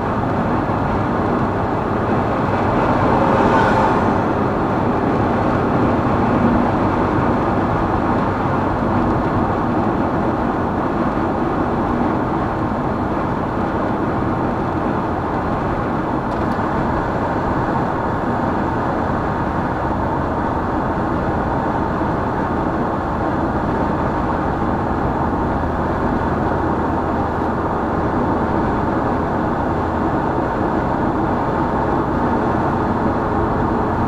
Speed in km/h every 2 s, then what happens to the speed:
110, 108, 107, 105, 101, 97, 94, 93, 91, 90, 89, 89, 88, 89, 90, 92, 94.
0-19 slows to 89. 19-34 steady at about 89.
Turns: none.